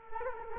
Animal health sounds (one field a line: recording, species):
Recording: mosquito wingbeat signal from an infrared sensor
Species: Culex quinquefasciatus